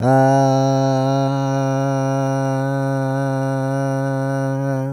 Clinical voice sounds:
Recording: sustained vowel /a/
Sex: male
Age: 60 to 69 years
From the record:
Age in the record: 62 years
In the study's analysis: included

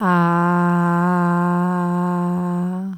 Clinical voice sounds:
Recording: sustained vowel /a/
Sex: female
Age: 30 to 39 years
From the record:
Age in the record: 34 years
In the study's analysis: included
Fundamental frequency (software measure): 175 Hz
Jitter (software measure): 0.48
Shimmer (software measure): 1.17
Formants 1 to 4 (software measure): 960 Hz, 1556 Hz, 2728 Hz, 4038 Hz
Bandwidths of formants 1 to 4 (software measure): 210 Hz, 243 Hz, 339 Hz, 417 Hz

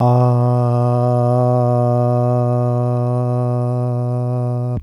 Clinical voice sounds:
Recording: sustained vowel /a/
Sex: male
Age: 40 to 49 years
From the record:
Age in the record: 41 years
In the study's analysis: included

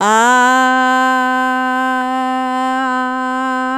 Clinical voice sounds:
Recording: sustained vowel /a/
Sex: female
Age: 50 to 59 years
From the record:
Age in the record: 54 years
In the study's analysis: included

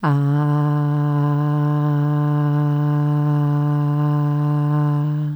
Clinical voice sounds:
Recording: sustained vowel /a/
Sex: female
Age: 30 to 39 years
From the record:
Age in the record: 33 years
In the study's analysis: included

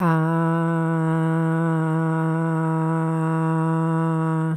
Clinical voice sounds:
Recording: sustained vowel /a/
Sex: female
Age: 50 to 59 years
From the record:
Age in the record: 55 years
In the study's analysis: included

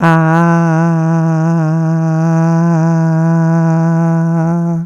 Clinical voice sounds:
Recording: sustained vowel /a/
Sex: female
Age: 60 to 69 years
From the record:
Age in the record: 60 years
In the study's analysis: included

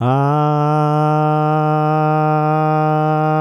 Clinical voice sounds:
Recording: sustained vowel /a/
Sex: male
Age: 50 to 59 years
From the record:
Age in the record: 55 years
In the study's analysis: included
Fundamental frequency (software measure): 151 Hz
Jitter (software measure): 0.30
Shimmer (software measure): 0.54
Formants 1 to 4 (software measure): 761 Hz, 1314 Hz, 2642 Hz, 3234 Hz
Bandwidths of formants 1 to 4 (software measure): 113 Hz, 88 Hz, 403 Hz, 362 Hz

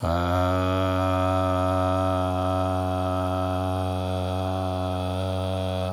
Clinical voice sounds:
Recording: sustained vowel /a/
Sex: male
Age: 60 to 69 years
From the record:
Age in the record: 66 years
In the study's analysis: included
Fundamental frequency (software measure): 93 Hz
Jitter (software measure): 0.21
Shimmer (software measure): 1.40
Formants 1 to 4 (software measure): 667 Hz, 1414 Hz, 2549 Hz, 3342 Hz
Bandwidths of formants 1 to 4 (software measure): 119 Hz, 84 Hz, 205 Hz, 183 Hz

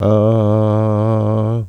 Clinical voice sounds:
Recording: sustained vowel /a/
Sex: male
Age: 60 to 69 years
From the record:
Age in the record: 62 years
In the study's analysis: included

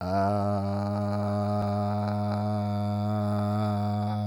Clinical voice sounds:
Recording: sustained vowel /a/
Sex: male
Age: 40 to 49 years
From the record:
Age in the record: 47 years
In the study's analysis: included

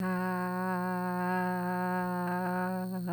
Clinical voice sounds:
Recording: sustained vowel /a/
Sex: female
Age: 50 to 59 years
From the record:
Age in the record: 55 years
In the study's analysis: included

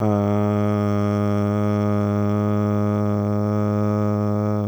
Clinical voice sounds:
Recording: sustained vowel /a/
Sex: male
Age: 40 to 49 years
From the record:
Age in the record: 40 years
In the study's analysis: included

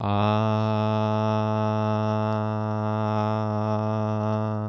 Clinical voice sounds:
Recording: sustained vowel /a/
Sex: male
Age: 20 to 29 years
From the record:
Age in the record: 25 years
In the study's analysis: included

